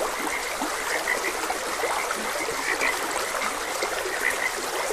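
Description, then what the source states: Frogs croaking, short bright notes repeated irregularly over a steady hiss of flowing water. Frogs croaking beside a gentle stream.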